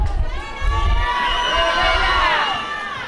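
A large crowd shouts and chants together in a sustained, loud roar of overlapping voices, with rising and falling vocal tones and a steady rumble underneath, like marchers yelling slogans in unison, at the Marcha Por El Agua, a protest march for water.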